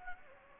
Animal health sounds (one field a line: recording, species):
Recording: mosquito wingbeat signal from an infrared sensor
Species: Anopheles gambiae